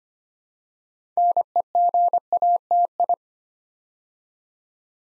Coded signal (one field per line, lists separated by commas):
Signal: Morse code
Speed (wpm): 25 wpm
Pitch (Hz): 700 Hz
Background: none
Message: NEGATI